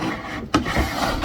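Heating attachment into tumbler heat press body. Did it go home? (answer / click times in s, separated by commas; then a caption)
yes / 0.6 s. The heating attachment of an HTVRONT A200 auto tumbler heat press is slid along its guide grooves into the press body, making a soft rubbing, rasping sound. A sharp click at 0.6 s (0.55 s) shows the attachment has seated in place, followed by quieter low scraping.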